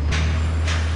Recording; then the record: background sound without coughing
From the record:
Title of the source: 30 MINUTES Construction Site Ambience (CC BY 4.0)